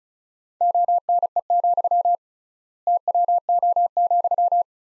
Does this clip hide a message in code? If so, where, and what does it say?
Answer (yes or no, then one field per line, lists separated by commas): yes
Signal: Morse code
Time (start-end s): 0.6-4.6 s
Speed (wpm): 36 wpm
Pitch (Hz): 700 Hz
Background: none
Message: ONE, TWO,